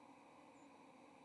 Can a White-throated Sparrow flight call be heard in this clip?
no